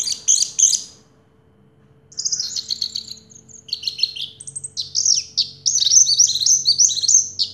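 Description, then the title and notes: Orange-headed thrush song: brief high chatter, a pause, then a long stream of fast, bright, tumbling whistled notes. Song in the teler style, described as clear-voiced; part of a complete collection of this species' songs. "Anis Merah Teler Suara Jernih. kumpulan suara anis merah lengkap"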